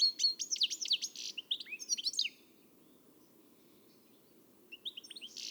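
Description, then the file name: European goldfinch twittering in a quick burst of sliding chirps for two seconds, then a pause before a few more tinkling notes. "Carduelis carduelis"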